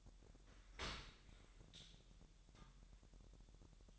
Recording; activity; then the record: daily activity, microphone in the room; open dishwasher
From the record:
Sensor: 3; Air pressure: 1000.5 hPa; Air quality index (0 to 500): 248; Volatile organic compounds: 173 ppm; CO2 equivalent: 4116 ppm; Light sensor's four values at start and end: 11/25/10/10 and 11/25/10/10